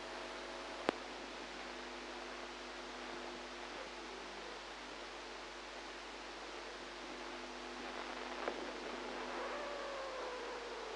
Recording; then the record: brain microelectrode recording played as sound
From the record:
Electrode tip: inside the subthalamic nucleus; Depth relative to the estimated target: -3 mm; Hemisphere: right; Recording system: NeuroSet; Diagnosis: Parkinson's disease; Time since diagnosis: 8 years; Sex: female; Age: 45 years